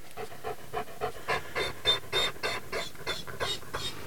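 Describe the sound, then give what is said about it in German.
An exhausted dog pants rapidly and steadily, with quick breathy puffs repeating about three times per second, moderately loud, with no one talking over it. “mein liebes Hundchen”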